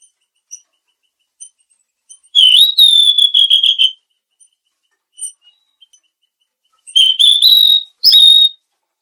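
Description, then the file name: Mangrove blue flycatcher song: a few faint notes, then a high whistled phrase with fluttering notes, a pause, then two more whistled phrases. "suara burung tledekan laut"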